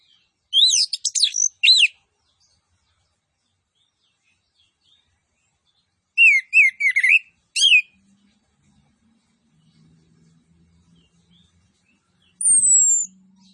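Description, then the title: Orange-headed thrush song: two dense bursts of fast, varied chirps and slurs about five seconds apart, then a descending high whistle over a faint low hum. Master (masteran) audio of an actively singing (gacor) bird, with full fill-in phrases that include cililin-style bursts. "Anis Kembang Gacor 15. MASTERAN ANIS KEMBANG ISIAN FULL DENGAN TEMBAKAN CILILIN"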